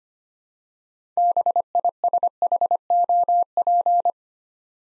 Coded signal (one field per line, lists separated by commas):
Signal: Morse code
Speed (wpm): 25 wpm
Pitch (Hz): 700 Hz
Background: none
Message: BISHOP